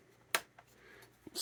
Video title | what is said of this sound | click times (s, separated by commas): GI Joe Classified Series Dragonfly XH-1 & Wild Bill Needless Unboxing | snap right into place oh | 0.3 s